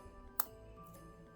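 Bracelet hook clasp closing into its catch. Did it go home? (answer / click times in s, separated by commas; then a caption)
yes / 0.4 s. A magnetic link bracelet's hook is placed over its catch and the clasp is pressed closed on the wrist. A single sharp click at 0.4 s marks it snapping shut, and the clasp is seated. Steady tonal music continues underneath.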